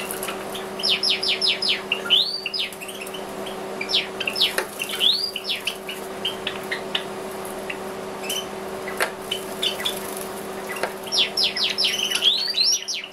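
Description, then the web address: Java sparrow chirps, quick runs of sharp high notes and rising slurred calls in clustered bursts separated by brief pauses, over a constant low hum. "risovye amadiny. padda oryzivora"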